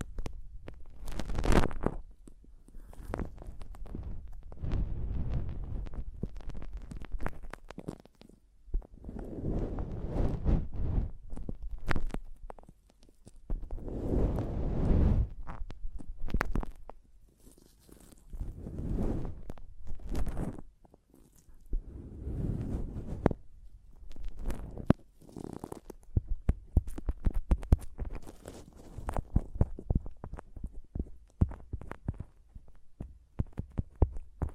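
A microphone is tapped and scratched in an irregular pattern. Deep, muffled thumps and rubbing swells come in bursts every few seconds, with dense rapid scratching around 14 to 16 seconds and sharp clicks and taps scattered throughout, busiest near the end.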